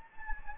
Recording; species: mosquito wingbeat signal from an infrared sensor; Anopheles gambiae